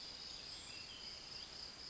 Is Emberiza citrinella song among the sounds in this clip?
no